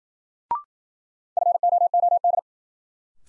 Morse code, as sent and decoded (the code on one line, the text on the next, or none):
..-. --- --- -..
FOOD